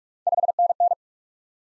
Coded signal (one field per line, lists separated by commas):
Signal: Morse code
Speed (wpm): 48 wpm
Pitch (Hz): 700 Hz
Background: none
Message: 5NN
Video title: Top 20 QSO Elements 45wpm